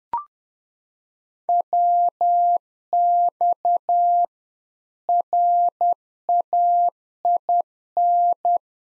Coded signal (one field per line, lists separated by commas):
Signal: Morse code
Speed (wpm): 10 wpm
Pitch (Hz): 700 Hz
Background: none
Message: WX RAIN